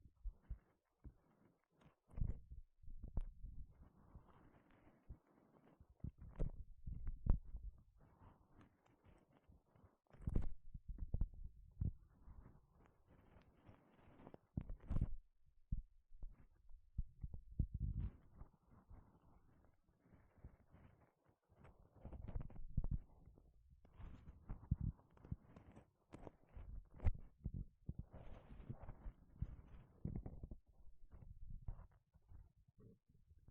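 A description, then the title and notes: Gloves being handled, rubbed and flexed in a series of irregular bursts, with soft rustling and scraping broken by short sharp snaps. The sounds are mostly low and muffled, with a few brighter clicks, and brief quiet gaps around 13 and 21 seconds. 5 different GLOVES Sounds. (No Talking).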